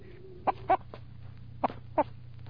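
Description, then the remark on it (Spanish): A red hen, carried under a man's coat, clucks in five short, irregular bursts over a steady low hum, each cluck brief and throaty with a slightly nasal, mid-pitched tone. “Es una gallina colorada la que lleva a Esteban debajo del gabán.”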